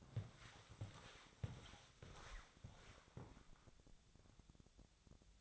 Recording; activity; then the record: daily activity, microphone in the room; walk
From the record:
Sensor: 3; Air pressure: 1000.5 hPa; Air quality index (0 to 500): 168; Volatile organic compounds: 3 ppm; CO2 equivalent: 1469 ppm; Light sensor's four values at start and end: 15/41/16/18 and 16/41/16/18